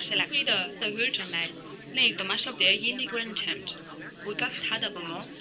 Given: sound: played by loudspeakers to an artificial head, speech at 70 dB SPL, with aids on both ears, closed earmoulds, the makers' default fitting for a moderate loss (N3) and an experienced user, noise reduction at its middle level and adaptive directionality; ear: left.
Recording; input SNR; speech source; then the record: speech test signal (ISTS) in cocktail-party noise; 0 dB; in front (0 degrees)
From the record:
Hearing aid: class 1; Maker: C